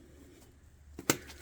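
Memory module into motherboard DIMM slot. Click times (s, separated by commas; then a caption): 1.1 s. A memory module is pressed down on both ends into a motherboard DIMM slot over a low steady hum, with a faint knock at 1.0 s. A sharp, bright click follows at 1.1 s as the retention clip latches and the module seats.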